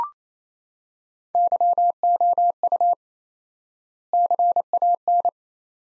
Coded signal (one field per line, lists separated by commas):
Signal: Morse code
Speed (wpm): 27 wpm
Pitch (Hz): 700 Hz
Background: none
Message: YOU CAN